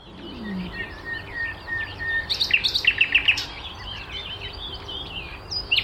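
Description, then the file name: Common nightingale singing with thin high notes and a short burst of quick chattering notes in the middle. "Luscinia megarhynchos"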